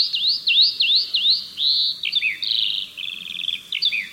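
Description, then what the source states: Eurasian Skylark song, a rapid run of repeated dipping chirps followed by buzzy trills and twittering phrases, sustained and high-pitched. A rather long song; likes to sing over fields; played at original speed.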